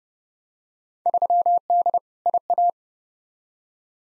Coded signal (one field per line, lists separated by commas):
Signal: Morse code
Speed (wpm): 30 wpm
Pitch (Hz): 700 Hz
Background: none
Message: 3D IA